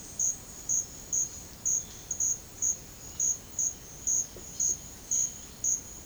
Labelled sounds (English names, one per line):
none